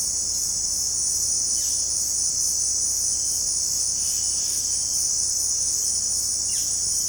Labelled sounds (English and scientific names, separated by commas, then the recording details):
Violaceous Jay (Cyanocorax violaceus), Yellow-rumped Cacique (Cacicus cela)
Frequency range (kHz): Violaceous Jay (Cyanocorax violaceus) 2.1-5.2 kHz; Yellow-rumped Cacique (Cacicus cela) 1.6-5.0 kHz
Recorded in secondary vegetation near Puerto Asís, Putumayo, Colombia, on 18 February 2024 at 17:30
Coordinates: 0.489, -76.322
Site G6419